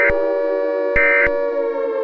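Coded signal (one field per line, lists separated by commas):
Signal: Emergency Alert System (SAME) tones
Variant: end-of-message bursts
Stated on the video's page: Fictional EAS scenario.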